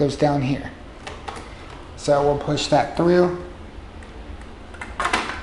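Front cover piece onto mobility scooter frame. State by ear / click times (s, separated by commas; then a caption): seated / 4.8 s, 5.0 s, 5.1 s. A front plastic cover piece is pushed through and pressed onto the frame of a Whill Model R water-resistant mobility scooter during assembly while someone talks. Sharp snapping clicks at 4.8, 5.0 and 5.1 seconds show the piece seating into place.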